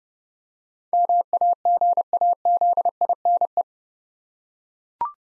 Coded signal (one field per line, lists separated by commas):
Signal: Morse code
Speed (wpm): 30 wpm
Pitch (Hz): 700 Hz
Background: none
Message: MAGAZINE